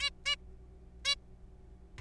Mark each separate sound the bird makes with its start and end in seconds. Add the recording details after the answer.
0.01-0.10, 0.26-0.35, 1.05-1.15. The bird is a juvenile. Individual R3428